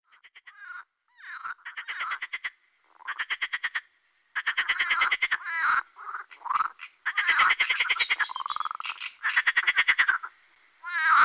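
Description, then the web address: Marsh frogs giving rapid pulsed croaks and chuckling rattles in irregular bursts, several calls overlapping with brief gaps. "Fotoim Hangok Pelophylax ridibundus"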